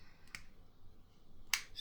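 The plastic push-pull cap of a Schneider Base Uni fountain pen is pushed onto the pen body, with a faint tick near 0.3 s before it snaps shut with a sharp, bright click at 1.5 s. The cap is seated securely.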